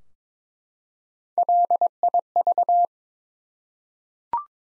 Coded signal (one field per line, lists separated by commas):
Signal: Morse code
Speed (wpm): 22 wpm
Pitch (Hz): 700 Hz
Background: none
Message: LIV